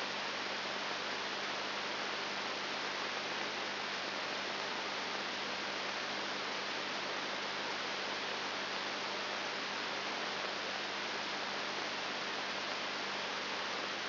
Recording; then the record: brain microelectrode recording played as sound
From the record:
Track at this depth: inside the subthalamic nucleus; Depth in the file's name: 3.301 mm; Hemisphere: left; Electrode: 3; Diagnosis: Parkinson's disease